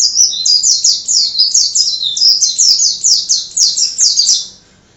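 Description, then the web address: White-eye delivering an unbroken, rapid run of high, sweet twittering notes for over four seconds before it stops abruptly. Ngerol song style; masteran (tutor) recording for training white-eyes. "pleci ngerol. masteran pleci"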